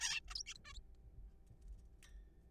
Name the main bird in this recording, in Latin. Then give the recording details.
Taeniopygia guttata. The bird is a juvenile. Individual R3428